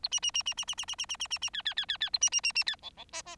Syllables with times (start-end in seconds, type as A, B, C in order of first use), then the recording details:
0.03-0.08 A, 0.11-0.20 B, 0.22-0.31 B, 0.34-0.43 B, 0.46-0.54 B, 0.57-0.65 B, 0.67-0.75 B, 0.78-0.85 B, 0.88-0.95 B, 0.98-1.06 B, 1.09-1.16 B, 1.19-1.27 B, 1.30-1.38 B, 1.41-1.50 B, 1.53-1.62 C, 1.65-1.74 C, 1.76-1.86 C, 1.88-1.97 C, 2.00-2.10 C, 2.13-2.19 A, 2.21-2.30 B, 2.32-2.41 B, 2.43-2.52 B, 2.55-2.64 B, 2.66-2.76 C, 2.82-2.90 D, 2.97-3.04 D, 3.12-3.22 E, 3.25-3.36 E. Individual Bird4